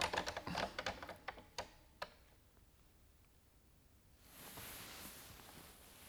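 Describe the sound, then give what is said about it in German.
A quick burst of typing on a computer keyboard, a dozen or so sharp clicks in an uneven rhythm, then a pause before a soft, steady hiss rises in the last couple of seconds. “Klicken Sie das System an”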